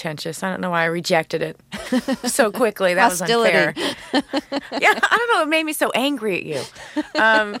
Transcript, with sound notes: I don't know why I rejected it so quickly. That was unfair.
Hostility (laughter).
Yeah, I don't know. It made me so angry at you.